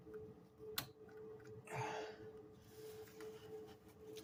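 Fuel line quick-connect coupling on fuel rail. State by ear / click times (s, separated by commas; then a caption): released / 0.8 s. A disconnect tool is pushed into the fuel line quick-connect coupling on the fuel rail of a 2008 Buick Lacrosse CX 3.8 L, giving a sharp click at 0.8 s over a steady low hum. A brief rushing burst follows around 1.7–2.1 s, and the quick-connect is released so the line can be pulled off.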